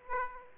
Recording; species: mosquito wingbeat signal from an infrared sensor; Aedes aegypti